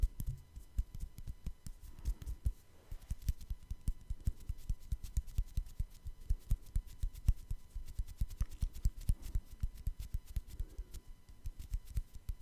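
Dense, irregular tapping clicks run continuously for twelve seconds, sharp and crisp with a low thud beneath, and a faint steady hum behind.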